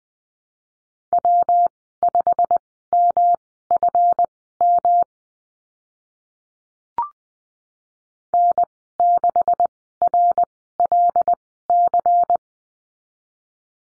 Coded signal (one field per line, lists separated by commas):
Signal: Morse code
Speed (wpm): 20 wpm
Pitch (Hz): 700 Hz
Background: none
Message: W5MFM N6RLC